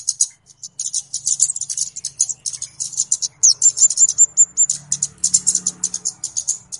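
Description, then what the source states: Flowerpecker calls: rapid, dense runs of very high, sharp ticks, almost continuous, with a short trilled whistle in the middle. Clear calls used as a lure for catching birds; Indonesian names kemade and cabe-cabean.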